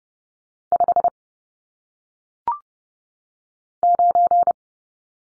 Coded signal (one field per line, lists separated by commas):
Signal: Morse code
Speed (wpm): 30 wpm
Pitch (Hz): 700 Hz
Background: none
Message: 5 9